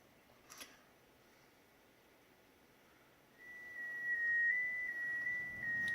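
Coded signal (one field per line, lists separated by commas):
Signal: JT65, JT9 or WSPR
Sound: quiet room, then a steady whistle-like tone shifting pitch slightly every half second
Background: quiet room, brief click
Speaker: now it's telling me I'm transmitting back to him now so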